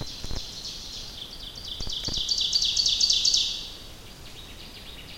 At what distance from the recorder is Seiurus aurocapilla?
about 35 m